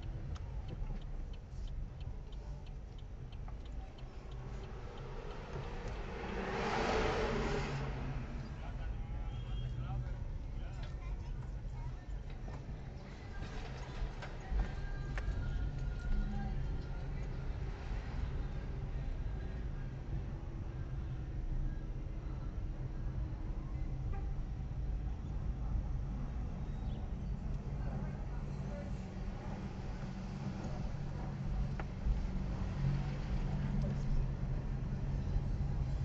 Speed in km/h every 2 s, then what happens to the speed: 6, 5, 5, 9, 9, 7, 7, 12, 14, 13, 12, 12, 11, 10, 5, 7, 16, 21.
0-12 steady at about 7. 12-17 speeds up to 14. 17-29 slows to 5. 29-36 speeds up to 21.